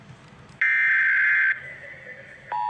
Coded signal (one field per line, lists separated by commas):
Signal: Emergency Alert System (SAME) tones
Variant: header bursts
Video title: rating old eas alarms part 2